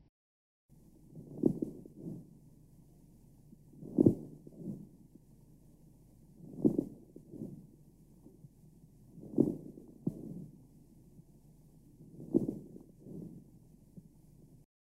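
Lung sounds by stethoscope: coarse crackles, short explosive popping sounds from early inspiration and throughout expiration, modified by cough, audible over almost any region of the chest wall. Caused by increased fluid and secretions whose vibration produces the small pops; classically heard in patients with COPD.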